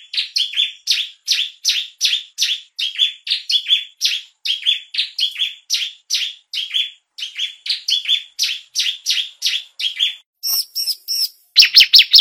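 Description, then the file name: Bar-winged Prinia song with a long, steady series of high, sharp chirps, broken near the end by ringing metallic notes and a final loud burst. Ciblek song of the style called 'semi'. "suara burung ciblek semi"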